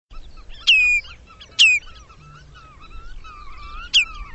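Bird calls: three sharp descending chirps in about four seconds, over softer wavering whistles.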